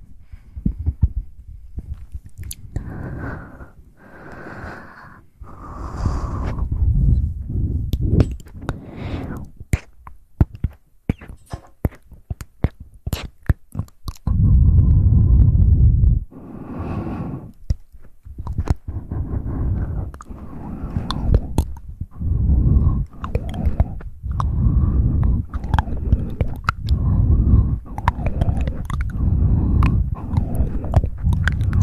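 Wet mouth sounds fill the clip: dense, irregular clicks, smacks and chewing-like noises, mostly low and muffled with sharp bright snaps throughout. A steadier low rustling stretch appears around 14 to 16 seconds, and the clicking speeds up again toward the end.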